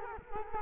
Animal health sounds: mosquito wingbeat signal from an infrared sensor; Culex quinquefasciatus

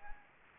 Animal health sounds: mosquito wingbeat signal from an infrared sensor; Anopheles arabiensis

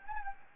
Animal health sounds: mosquito wingbeat signal from an infrared sensor; Anopheles gambiae

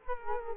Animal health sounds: mosquito wingbeat signal from an infrared sensor; Culex quinquefasciatus

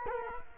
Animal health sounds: mosquito wingbeat signal from an infrared sensor; Culex quinquefasciatus

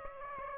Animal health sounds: mosquito wingbeat signal from an infrared sensor; Aedes aegypti

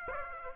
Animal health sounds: mosquito wingbeat signal from an infrared sensor; Aedes aegypti

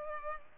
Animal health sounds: mosquito wingbeat signal from an infrared sensor; Culex pipiens

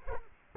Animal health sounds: mosquito wingbeat signal from an infrared sensor; Culex quinquefasciatus

